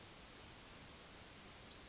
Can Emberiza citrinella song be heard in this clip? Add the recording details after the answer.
yes. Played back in grassland. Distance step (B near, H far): C. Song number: 116